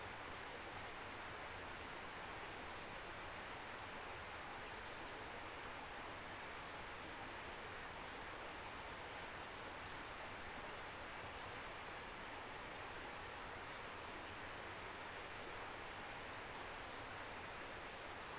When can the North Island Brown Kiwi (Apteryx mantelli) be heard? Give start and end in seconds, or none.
none